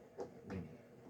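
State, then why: Seated. A plastic weapon rack part is pressed into its mount on a toy playset. After a faint bump at about 0.2 s, a single soft snap sounds at 0.5 s. The part seats in place.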